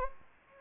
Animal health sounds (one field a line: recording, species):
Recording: mosquito wingbeat signal from an infrared sensor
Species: Anopheles gambiae